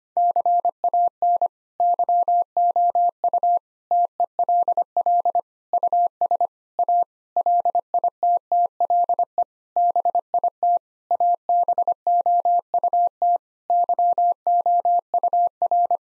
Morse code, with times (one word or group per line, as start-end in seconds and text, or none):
0.2-1.5 CAN
1.8-3.6 YOU
3.9-5.4 TELL
5.7-6.5 US
6.8-7.0 A
7.4-9.4 LITTLE
9.8-10.8 BIT
11.1-13.4 ABOUT
13.7-16.0 YOUR